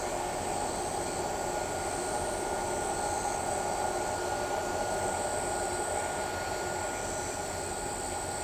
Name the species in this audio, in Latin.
none